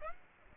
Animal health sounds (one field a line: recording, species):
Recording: mosquito wingbeat signal from an infrared sensor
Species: Aedes aegypti